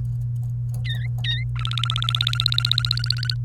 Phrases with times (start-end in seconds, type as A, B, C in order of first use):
0.85-1.44 A, 1.56-3.35 B